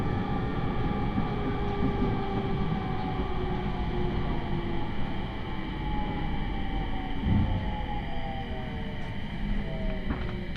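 Inside a 701 series train on the Tohoku Main Line, a steady low rumble runs under whining tones that slowly drift in pitch, with a brief thump near seven seconds.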